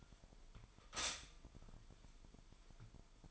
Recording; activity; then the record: daily activity, microphone in the room; stop toaster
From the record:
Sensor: 5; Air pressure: 1002.1 hPa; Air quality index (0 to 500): 208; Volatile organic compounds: 20 ppm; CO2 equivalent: 2689 ppm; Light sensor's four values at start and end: 33/108/41/43 and 33/108/41/43